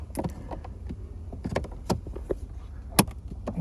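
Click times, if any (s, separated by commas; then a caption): 3.0 s. While refitting the cabin air filter on a 2022–2023 Ford Ranger, the plastic filter cover is pressed into the housing behind the glovebox, with several small plastic taps and knocks. A loud, sharp snap at 3.0 s is the cover seating in place.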